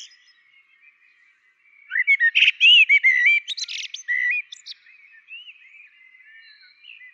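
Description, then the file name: Common blackbird song, a single phrase of mellow slurred whistles running into high thin chattering notes, then quieter soft warbling. "Turdus merula"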